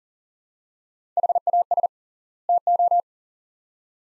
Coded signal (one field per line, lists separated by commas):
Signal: Morse code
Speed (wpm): 39 wpm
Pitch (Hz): 700 Hz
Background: none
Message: HAS TO